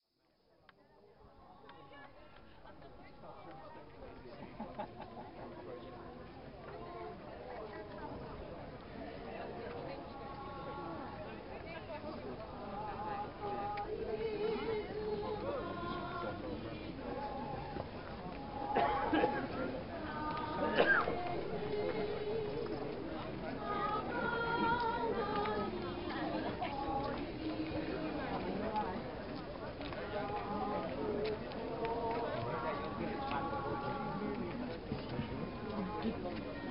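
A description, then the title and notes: A crowd talks and sings outdoors, many overlapping voices forming a steady, dense murmur after a quiet first second. Brief sung phrases and louder calls rise above the chatter now and then, strongest around twenty seconds, with no other sounds standing out. Cambodia - sunset watching singing crowd. A crowd of people (talking and singing) while watching the sunset atop Phnom Bakheng in the Angkor Wat temple complex near Siem Reap. Cambodia.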